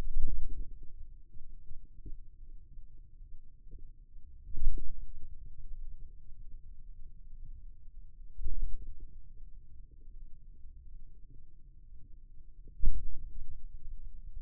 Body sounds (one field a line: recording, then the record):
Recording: forearm muscle sounds (acoustic myography)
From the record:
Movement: ulnar deviation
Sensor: system 2, bracelet of six BSWA MPA416 microphones around the upper forearm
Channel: 2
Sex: male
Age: 22 years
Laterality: right